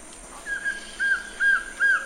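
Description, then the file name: Collared trogon song: a series of four soft, even, hooting notes on one pitch, spaced roughly every half second, with faint hiss behind. "Canto do surucua de coleira"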